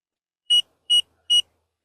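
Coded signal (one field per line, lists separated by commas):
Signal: beep code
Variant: Mopeka Pro Plus Bulk sensor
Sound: three quick high-pitched beeps, evenly spaced, then silence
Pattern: 3 short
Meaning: The sensor is connected and communicating over the cellular network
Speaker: Là, nous avons entendu nos 3 bips et nous savons que le capteur a maintenant de l'énergie et communique via le réseau cellulaire.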